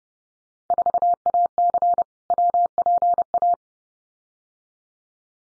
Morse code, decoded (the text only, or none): 4AC WPA